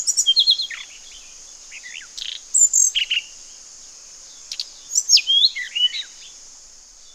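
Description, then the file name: Hill blue flycatcher song in short, high, sweet twittering phrases with quick rising and falling notes, separated by pauses, over a steady high insect drone. "sikatan cacing"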